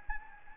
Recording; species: mosquito wingbeat signal from an infrared sensor; Anopheles gambiae